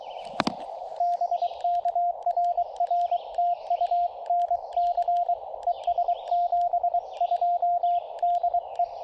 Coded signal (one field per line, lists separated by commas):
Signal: Morse code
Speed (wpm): 24 wpm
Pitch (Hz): 690 Hz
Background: radio noise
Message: BK RR TU NC ES 72 DE